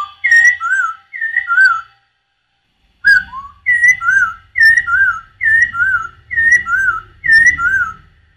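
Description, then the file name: Masked laughingthrush song: clear two-note whistles falling from high to lower, repeated at a steady pace after a short pause, with soft low thumps underneath. Song given during dance display; Indonesian name poksay hongkong. "suara tarian poksay hongkong"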